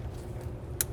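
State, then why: Seated. An electrical connector is plugged back onto the brake vacuum pump of a 2022-present Volkswagen Mk8 Golf R/GTI. After low, steady background rumble, a sharp, short click sounds at 0.8 s as the connector seats. The connector is confirmed seated.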